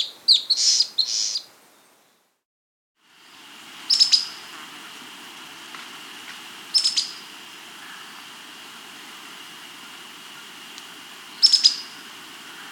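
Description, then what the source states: Long-tailed antbird song: short clusters of high, sharp chirping notes, the first a rapid buzzy burst, then single bursts at intervals of several seconds over a steady hiss. South America.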